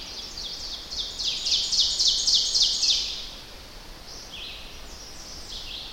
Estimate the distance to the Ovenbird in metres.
about 25 m